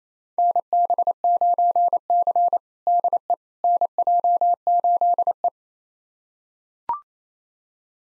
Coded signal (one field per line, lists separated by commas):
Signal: Morse code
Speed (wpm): 27 wpm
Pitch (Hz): 700 Hz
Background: none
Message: NB9C DE NJ8E